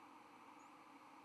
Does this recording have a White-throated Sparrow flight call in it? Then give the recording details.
no. Another species' flight call is heard. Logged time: 06:11 on 31 October 2014